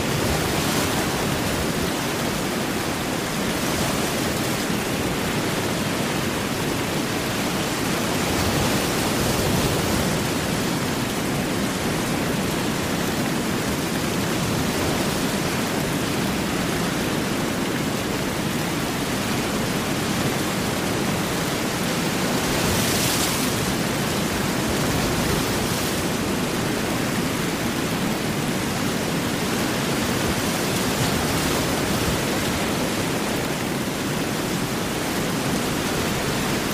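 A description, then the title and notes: Heavy rain and ocean surf merge into a dense, steady roar that stays at one level for the whole stretch, with no gaps. Faint swells brighten the hiss now and then, most noticeably around the middle. Heavy Rain & Big Ocean Waves | Rainstorm Sounds White Noise.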